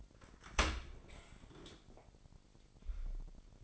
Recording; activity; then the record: daily activity, microphone in the room; open dishwasher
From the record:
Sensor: 5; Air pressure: 1000.8 hPa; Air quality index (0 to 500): 247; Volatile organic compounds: 34 ppm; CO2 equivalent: 3044 ppm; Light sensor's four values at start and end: 31/71/28/26 and 31/71/28/27